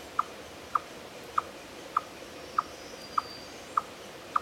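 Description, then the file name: Eastern chipmunk giving a steady series of sharp, mid-pitched chips, about one every 0.6 seconds, eight in total over a quiet background. "Tamias striatus"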